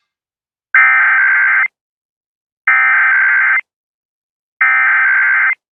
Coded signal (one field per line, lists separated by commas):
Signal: Emergency Alert System (SAME) tones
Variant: header bursts